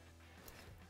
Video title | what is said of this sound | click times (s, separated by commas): How To Install a Garmin Tread Powersport Navigator on a UTV | and then the top of the screen just clicks into place. | 0.5 s